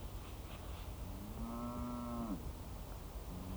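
A single drawn-out cow moo, low and harmonic, rising slightly then dropping off after about a second, over a steady rumble of outdoor background noise.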